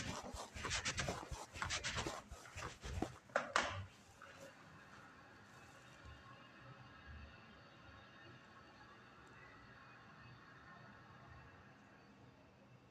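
Spraying and wiping: a burst of loud, hissing strokes and rubbing fills the first four seconds, with sharp scrapes around two and three and a half seconds. After that the sound drops to a quiet, steady low hum with faint rustles until the end.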